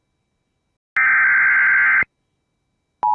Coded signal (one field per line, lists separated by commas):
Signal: Emergency Alert System (SAME) tones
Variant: header bursts